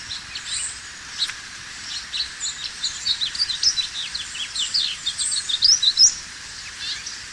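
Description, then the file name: House finch warbling song: a few spaced notes, then a quick run of high, varied notes in a loose, hurried jumble. "house finch by paul jaszczak"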